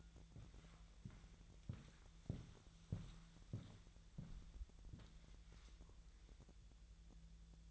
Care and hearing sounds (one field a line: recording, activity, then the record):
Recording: daily activity, microphone in the room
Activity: walk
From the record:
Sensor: 3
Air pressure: 1002.0 hPa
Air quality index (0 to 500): 242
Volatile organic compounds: 110 ppm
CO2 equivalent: 3819 ppm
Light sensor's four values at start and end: 8/20/8/9 and 8/20/8/8